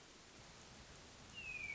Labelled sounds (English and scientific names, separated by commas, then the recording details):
Hermit Thrush (Catharus guttatus)
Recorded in Sonoma County, California